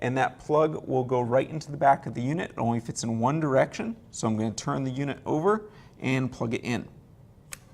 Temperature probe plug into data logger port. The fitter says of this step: and you should hear a little click